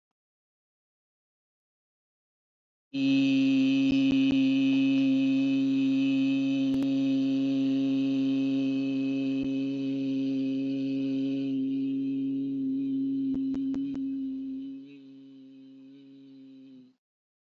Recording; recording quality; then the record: sustained vowel as in beet; excellent, no background noise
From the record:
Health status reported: healthy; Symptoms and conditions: none ticked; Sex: male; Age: 43 years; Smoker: not ticked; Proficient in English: yes